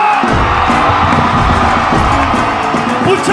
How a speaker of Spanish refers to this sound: ¡A ver ese grito mexicano! ¡Sí!